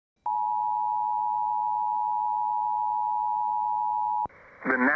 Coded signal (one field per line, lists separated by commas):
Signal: Emergency Alert System (SAME) tones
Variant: 853 and 960 Hz attention tone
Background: speech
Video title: TORNADO WARNING FOR Montgomery, TX, Harris, TX, and Fort Bend, TX (EAS #53)